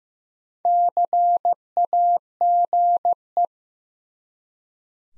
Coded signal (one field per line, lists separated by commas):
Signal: Morse code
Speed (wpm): 15 wpm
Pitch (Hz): 700 Hz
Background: none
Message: CAGE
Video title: Easy Words with Hints - 15wpm